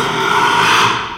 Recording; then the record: squeal of a Yucatan mini pig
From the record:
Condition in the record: after surgery on the right vocal fold (resection and tissue-engineered implant); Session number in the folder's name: 1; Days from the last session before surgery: 6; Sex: male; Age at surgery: 12 weeks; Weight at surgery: 13 kg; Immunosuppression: cyclosporine, prednisolone